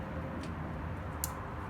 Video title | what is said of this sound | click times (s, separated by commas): 2008 Dodge Charger Valve Cover Replacement | Make sure it clicks and then lock it. | 1.2 s